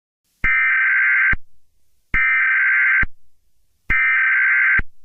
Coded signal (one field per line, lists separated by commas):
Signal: Emergency Alert System (SAME) tones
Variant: header bursts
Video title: EAS Scenario - ASTEROID IMPACT: 12/28/2019